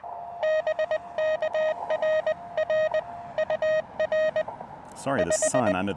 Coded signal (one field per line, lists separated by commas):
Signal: Morse code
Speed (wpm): 23 wpm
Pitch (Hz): 590 Hz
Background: speech, radio noise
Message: BK RR UR 5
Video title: Will it be a POTA bust? Testing those higher bands on Blue Ridge Parkway.